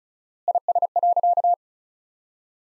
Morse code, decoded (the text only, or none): IS.